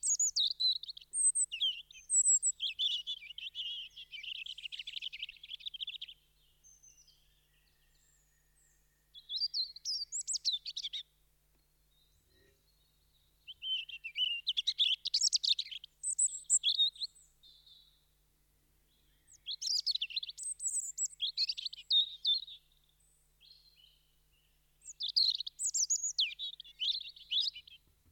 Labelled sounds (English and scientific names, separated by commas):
European Robin (Erithacus rubecula) song